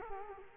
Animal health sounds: mosquito wingbeat signal from an infrared sensor; Culex quinquefasciatus

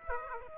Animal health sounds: mosquito wingbeat signal from an infrared sensor; Aedes aegypti

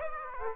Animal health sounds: mosquito wingbeat signal from an infrared sensor; Aedes aegypti

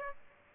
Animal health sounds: mosquito wingbeat signal from an infrared sensor; Aedes aegypti

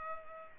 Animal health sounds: mosquito wingbeat signal from an infrared sensor; Culex pipiens

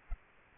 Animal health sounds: mosquito wingbeat signal from an infrared sensor; Aedes albopictus

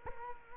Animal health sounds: mosquito wingbeat signal from an infrared sensor; Culex quinquefasciatus

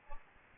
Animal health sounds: mosquito wingbeat signal from an infrared sensor; Aedes albopictus

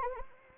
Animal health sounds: mosquito wingbeat signal from an infrared sensor; Anopheles arabiensis

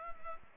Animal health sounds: mosquito wingbeat signal from an infrared sensor; Culex pipiens

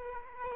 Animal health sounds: mosquito wingbeat signal from an infrared sensor; Aedes aegypti

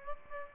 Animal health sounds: mosquito wingbeat signal from an infrared sensor; Aedes aegypti

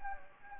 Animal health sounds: mosquito wingbeat signal from an infrared sensor; Anopheles gambiae

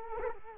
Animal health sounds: mosquito wingbeat signal from an infrared sensor; Culex quinquefasciatus

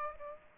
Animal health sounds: mosquito wingbeat signal from an infrared sensor; Aedes aegypti

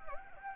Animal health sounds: mosquito wingbeat signal from an infrared sensor; Anopheles gambiae

